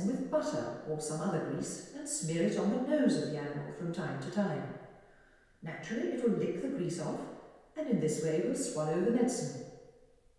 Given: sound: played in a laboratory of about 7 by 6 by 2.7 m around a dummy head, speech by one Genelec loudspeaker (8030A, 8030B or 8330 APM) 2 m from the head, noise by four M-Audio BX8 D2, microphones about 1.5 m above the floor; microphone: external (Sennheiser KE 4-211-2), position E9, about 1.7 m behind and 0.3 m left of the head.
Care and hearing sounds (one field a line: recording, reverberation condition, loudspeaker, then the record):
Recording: female speech in English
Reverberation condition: high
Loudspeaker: 90 degrees to the right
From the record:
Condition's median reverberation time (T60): about 1300 ms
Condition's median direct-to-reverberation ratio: about -4.0 dB